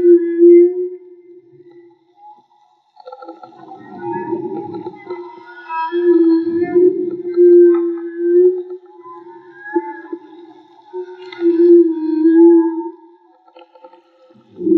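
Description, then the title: Whale song with steady low moaning tones, repeated rough groans, and fainter higher wavering notes above. Field recording made with homemade DIY hydrophones; audio was cleaned afterwards. "CANTO DE BALLENAS MAGMA"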